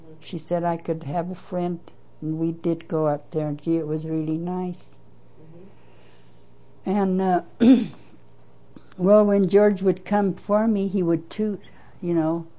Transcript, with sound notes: She said I could have a friend and we did go out there and it was really nice. And - (clears throat) well when George would come for me he would toot, you know